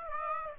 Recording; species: mosquito wingbeat signal from an infrared sensor; Aedes aegypti